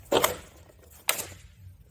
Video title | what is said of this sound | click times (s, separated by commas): Joovy Tricycoo LX How-To Install the Seat 😎🙃 | And you can hear that audible click in place there. | 1.1 s